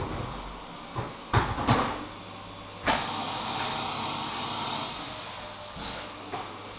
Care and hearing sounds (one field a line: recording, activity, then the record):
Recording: daily activity, microphone in the room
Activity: vacuum cleaning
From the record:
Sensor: 1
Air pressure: 995.3 hPa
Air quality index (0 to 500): 25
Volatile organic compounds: 1 ppm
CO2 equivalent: 508 ppm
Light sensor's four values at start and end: 17/57/21/23 and 17/57/21/23